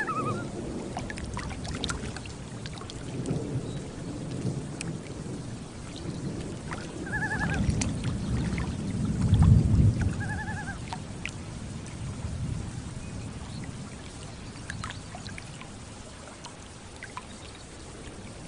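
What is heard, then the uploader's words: Thunder rolls low and long across a lake, swelling to a deep rumble around the middle before fading again. Light rain patters steadily throughout with soft water lapping, and a loon calls twice, near seven and ten seconds. Thunderstorm and Loons on Lake with Gentle Water Lapping. Ambient nature sounds.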